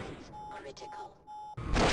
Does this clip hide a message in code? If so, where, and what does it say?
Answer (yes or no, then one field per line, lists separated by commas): no